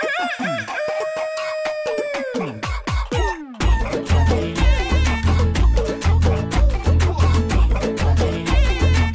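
A long, sustained rooster crow with bright harmonics bends downward at the end and fades, then a loud, thumping music track with a heavy bass beat takes over.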